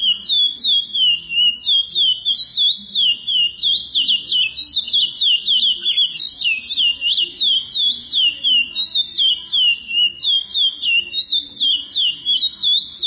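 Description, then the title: Chestnut-bellied seed finch pouring out a long, fluid song of bright slurred whistled notes, repeated about three times a second throughout. "Canto De Curio"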